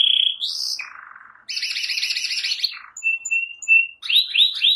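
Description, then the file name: Spanish giboso canary giving a mix of whistled notes, a lower buzzy phrase, a fast warbling trill, short repeated pips and downslurred notes. "canto do canario giboso espanhol"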